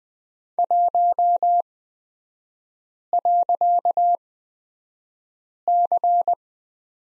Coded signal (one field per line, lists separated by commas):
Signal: Morse code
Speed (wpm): 20 wpm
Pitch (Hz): 700 Hz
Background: none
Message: 1.C